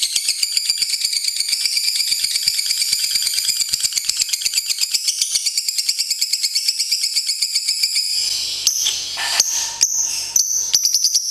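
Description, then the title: Lovebird song, a sustained fast chattering warble with rapid pulsing notes, breaking near the end into a few harsh, uneven chirps. National champion lovebird. "Suara Lovebird Juara Nasional"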